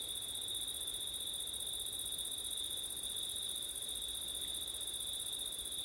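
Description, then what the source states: Unbroken high-pitched cricket singing, a dense even trill. Crickets recorded on a September night with wind, with ortif setup.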